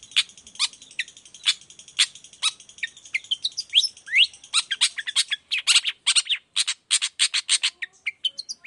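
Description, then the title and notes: Long-tailed shrike in busy, varied song: scratchy chatter, rising whistled slurs and harsh buzzy notes, speeding into a dense rapid series toward the end. Singing persistently in the morning, with the 'toet toet' variation, used as a lure to make other shrikes of any type answer and open their beaks. "Cendet Gacor Dor Di Kala Pagi Toet Toet Variasi Suara. Cendet Gacor Efektif Pancingan Buat Cendet Jenis Apapun Agar Cepat Nyaut Buka Paruh. Burung cendet"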